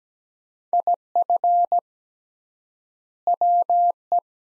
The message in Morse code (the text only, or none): IF WE